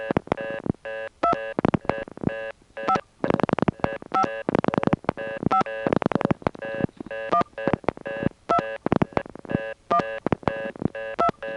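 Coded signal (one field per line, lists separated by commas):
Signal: DTMF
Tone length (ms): 80 ms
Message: 2 5 5 5 1 2 1 2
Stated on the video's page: Multi-frequency trunk signalling on a call from NYC to a senderized step-by-step office in Chester NY, 1977.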